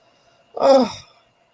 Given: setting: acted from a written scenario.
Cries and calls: vocal sound without words; relief

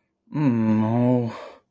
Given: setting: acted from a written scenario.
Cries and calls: vocal sound without words; sympathy

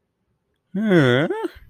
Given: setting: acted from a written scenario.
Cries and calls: vocal sound without words; confusion

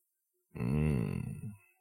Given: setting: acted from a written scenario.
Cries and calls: vocal sound without words; desire

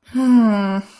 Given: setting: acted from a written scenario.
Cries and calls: vocal sound without words; embarrassment

